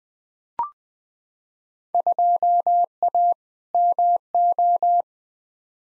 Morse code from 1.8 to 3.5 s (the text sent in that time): 2A